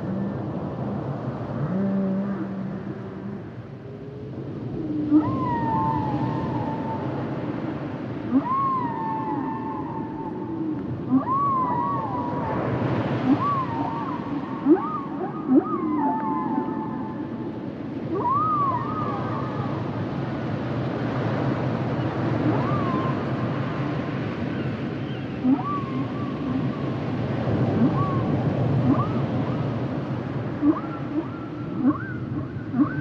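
A humpback whale sings over a steady low underwater rumble, repeating rising and falling calls and short upswept whoops every second or two from about five seconds on. Lower groaning tones sit beneath, with occasional brief clicks and knocks throughout.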